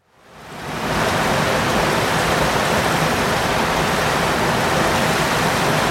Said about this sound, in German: Und etwas unpoetisch ist am Auslauf des Lungin-See dann so eine Mauer betoniert. Und bei dieser Mauer fließt dann das Wasser hinaus. Und vielleicht hören wir uns mal an, wie das klingt.